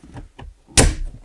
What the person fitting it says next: all right there we go heard it snap back into place